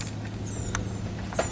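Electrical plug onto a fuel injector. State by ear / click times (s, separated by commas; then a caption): not seated / none. An electrical plug is handled over a fuel injector on a 2006–2010 Ford Fusion/Mercury Milan 2.3L DOHC 4-cylinder during a valve cover gasket replacement, after it failed to click in on the first try. Over a low steady hum, a short sharp tick sounds at about 0.8 s, followed by brief knocks around 1.3–1.4 s. Nothing has seated or clicked into place yet.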